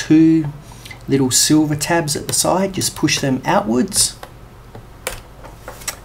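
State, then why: Released. Someone talks while the two small silver retaining clips beside a RAM module (SO-DIMM) in the motherboard slot of an HP Presario CQ60 laptop are pushed outwards. Sharp ticks follow at 5.1 s and 5.9 s as the memory module springs up out of its slot, released and ready to pull out.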